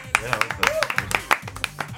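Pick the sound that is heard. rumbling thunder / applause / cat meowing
applause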